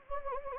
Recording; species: mosquito wingbeat signal from an infrared sensor; Anopheles gambiae